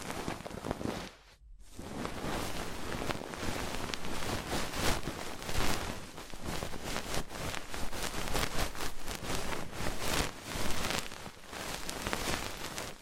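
Fast, intense ear cleaning: a dense, crackling scratch and rustle that fills the whole clip, with rapid uneven bursts of rubbing. A brief silent break comes near the start, then the scraping resumes steadily, swelling and easing without pause.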